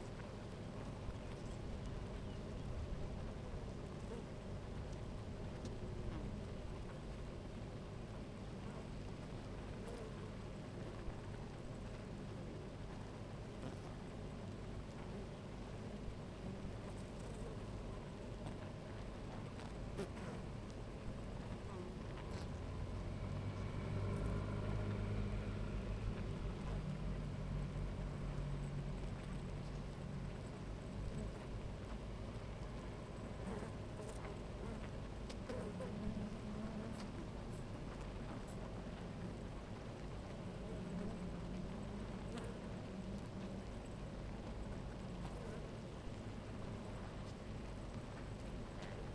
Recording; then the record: honeybee colony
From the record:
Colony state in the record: active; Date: 28 July 2017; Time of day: 11:43